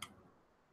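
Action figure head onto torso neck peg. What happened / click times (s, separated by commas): The plastic head snapped onto its peg / 0.0 s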